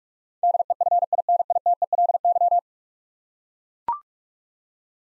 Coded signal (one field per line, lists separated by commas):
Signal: Morse code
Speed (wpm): 42 wpm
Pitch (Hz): 700 Hz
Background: none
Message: DEFINITELY